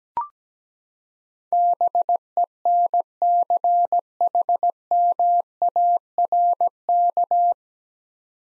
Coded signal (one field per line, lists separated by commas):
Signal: Morse code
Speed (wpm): 17 wpm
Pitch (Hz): 700 Hz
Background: none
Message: BENCHMARK